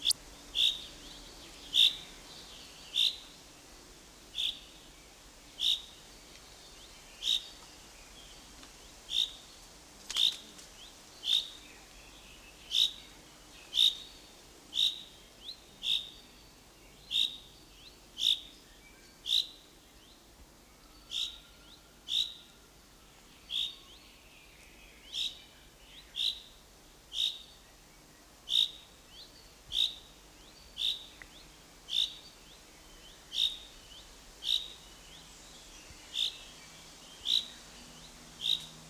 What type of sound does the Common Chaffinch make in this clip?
call